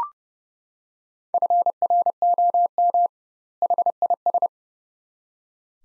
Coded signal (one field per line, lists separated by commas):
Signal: Morse code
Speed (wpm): 32 wpm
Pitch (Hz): 700 Hz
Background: none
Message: FROM HIS